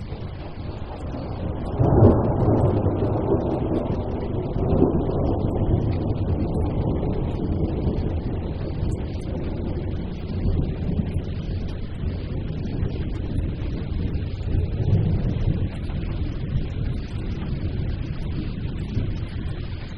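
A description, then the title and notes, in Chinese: A thunderstorm rumbles low and continuously throughout. A sharper surge of thunder breaks in around two seconds, with softer rolling swells near five and fifteen seconds, over a steady wind-like rush that never fully settles. 自然·白噪音 - 雷之暴。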